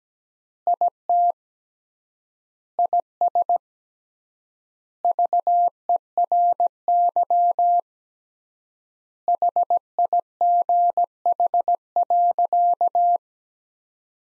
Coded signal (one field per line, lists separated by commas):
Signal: Morse code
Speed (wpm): 17 wpm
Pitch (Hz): 700 Hz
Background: none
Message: IT IS VERY HIGH.